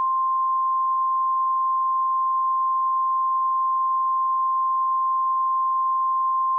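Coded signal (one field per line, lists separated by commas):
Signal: Emergency Alert System (SAME) tones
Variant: 1050 Hz attention tone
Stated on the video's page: Fictional EAS scenario made for entertainment, about a meteor striking Diablo Canyon Power Plant in California.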